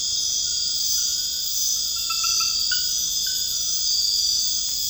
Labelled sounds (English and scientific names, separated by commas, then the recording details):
none
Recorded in dense forest near Puerto Asís, Putumayo, Colombia, on 19 February 2024 at 00:00
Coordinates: 0.485, -76.325
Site G6429